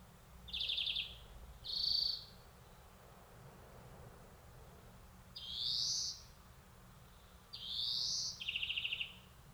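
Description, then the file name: European greenfinch calls: short buzzy trilled notes alternating with rising nasal wheezes, in four bursts over nearly ten seconds, with a low steady background hum. "Chloris chloris"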